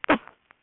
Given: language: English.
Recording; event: throat vibration sensor signal played as sound; cough